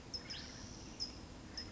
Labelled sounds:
California Towhee (Melozone crissalis)

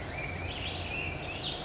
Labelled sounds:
California Towhee (Melozone crissalis)

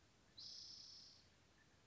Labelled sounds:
Spotted Towhee (Pipilo maculatus)

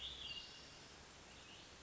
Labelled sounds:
Hermit Thrush (Catharus guttatus)

